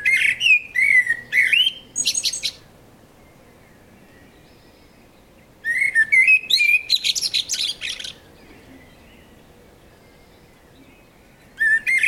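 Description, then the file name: Common blackbird song: two low fluty whistled phrases, each ending in a high scratchy twitter and separated by a silent gap, with a third phrase starting at the end. "Turdus merula"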